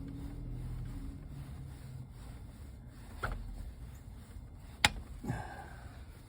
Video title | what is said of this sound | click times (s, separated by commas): How To - Replace N55 VANOS Solenoids - BMW 535i F10 | You'll hear the click in a moment. | 4.9 s